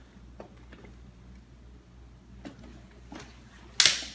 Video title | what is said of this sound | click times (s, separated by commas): CITY SELECT LUX STROLLER REVIEW - Baby Jogger - Tara Henderson | and it's going to lock into place and you just slide this down | 3.8 s